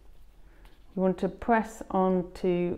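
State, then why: Not seated. A lead's snap connector for a SaeboStim Pro sensory electrical stimulation unit is being handled as it is about to be pressed firmly onto the stud of a stimulation electrode or accessory, while someone talks. A faint, very short sharp hit sounds at about 0.7 s under the speech, but the connector has not clicked onto the stud yet by the end of the clip.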